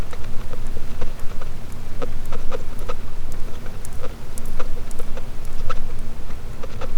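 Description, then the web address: Sperm whale clicking: a steady scatter of crisp, sharp clicks, sometimes closely bunched, over continuous low underwater noise. "Physeter Macrocephalus cachalot"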